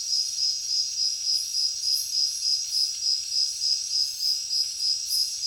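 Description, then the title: Cricket chorus of rapid, evenly pulsed high chirps, about three per second, steady throughout. Heavy cricket chorus at night in a jungle. "alex productions ambient music nature. Jungle night heavy crickets"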